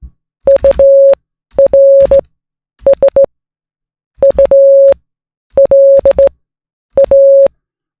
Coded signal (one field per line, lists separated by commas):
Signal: Morse code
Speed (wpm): 17 wpm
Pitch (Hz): 550 Hz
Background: none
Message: URSULA